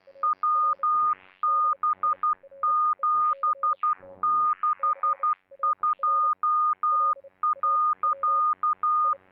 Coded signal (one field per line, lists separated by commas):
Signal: Morse code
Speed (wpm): 12 wpm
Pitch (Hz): 1220 Hz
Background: none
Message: WB762.